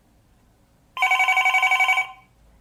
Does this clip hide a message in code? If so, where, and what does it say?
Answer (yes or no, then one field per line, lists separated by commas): no